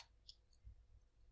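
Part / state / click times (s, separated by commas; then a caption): chainsaw autotune module into carburetor / not seated / none. The autotune module of a Husqvarna 572XP chainsaw, being fixed for low power in the cut, is lined up and pushed onto the carburetor with the throttle cable moved aside, so that a plastic tab on its bottom can lock into the carb body. Only faint light ticks and low handling bumps are heard. Nothing has snapped into place or seated yet.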